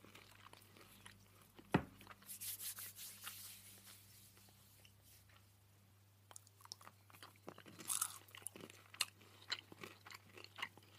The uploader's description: A PERSON EATING